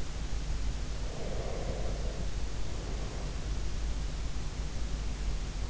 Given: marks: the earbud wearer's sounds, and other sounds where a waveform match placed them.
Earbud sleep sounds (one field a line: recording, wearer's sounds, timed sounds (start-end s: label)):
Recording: sounds in sleep by an in-ear microphone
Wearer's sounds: breath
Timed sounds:
0.82-3.25 s: breath